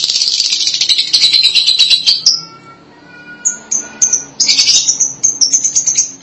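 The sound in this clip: Lovebird calls: loud, harsh high chattering that fades briefly, then resumes with shrill chirps and renewed scratchy bursts.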